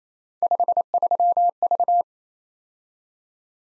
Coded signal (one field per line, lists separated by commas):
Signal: Morse code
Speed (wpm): 27 wpm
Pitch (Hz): 700 Hz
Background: none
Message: 53V